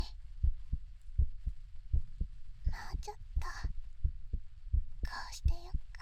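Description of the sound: Soft low thumps come in paired lub-dub beats, steady and regular at about 83 beats a minute. Faint breathy whispering or rustling sounds rise over the heartbeat in the middle and near the end.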